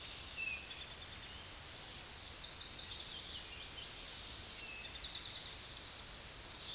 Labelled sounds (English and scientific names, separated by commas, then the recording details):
Eastern Towhee (Pipilo erythrophthalmus) song
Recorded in a Pennsylvania forest on 16 May 2024 at 09:54
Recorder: AudioMoth, point MSD-2007
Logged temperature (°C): 16.1 °C
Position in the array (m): 2 m, 44 m